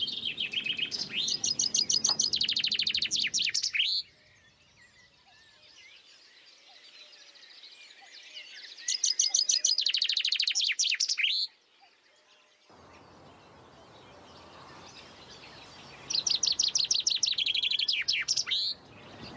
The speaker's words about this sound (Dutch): De vinkenslag. Ja, die heb ik geleerd toen ik een keer een huisje huurde in het bos. En toen dacht ik, hé, wat een leuk vogeltje hoor ik daar. En die ging heel de tijd hetzelfde liedje zingen.